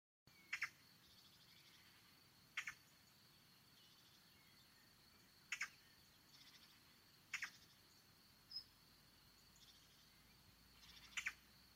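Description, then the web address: Bird giving several short, sharp call notes, some in quick pairs, over a steady high-pitched whine and faint background hiss. "cianscape birddata Deverinetal 2025"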